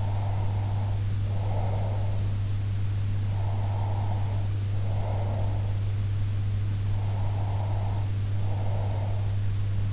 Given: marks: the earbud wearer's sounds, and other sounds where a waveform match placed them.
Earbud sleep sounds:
sounds in sleep by an in-ear microphone; breath
0.00-2.22 s: breath
3.22-5.71 s: breath
6.85-9.31 s: breath

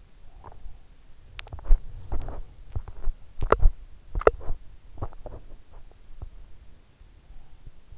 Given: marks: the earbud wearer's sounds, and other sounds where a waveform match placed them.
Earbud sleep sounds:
sounds in sleep by an in-ear microphone; teeth grinding
0.14-6.73 s: teeth grinding

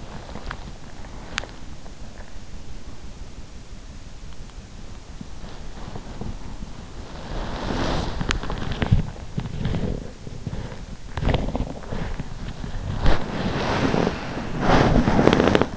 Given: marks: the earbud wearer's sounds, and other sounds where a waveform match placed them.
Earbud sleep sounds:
sounds in sleep by an in-ear microphone; teeth grinding, body movement
0.00-1.77 s: teeth grinding
7.03-15.77 s: body movement

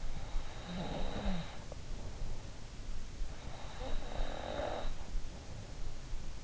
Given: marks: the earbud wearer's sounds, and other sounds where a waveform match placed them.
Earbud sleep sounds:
sounds in sleep by an in-ear microphone; snoring breath, breath
0.29-2.06 s: snoring breath
3.37-5.66 s: breath

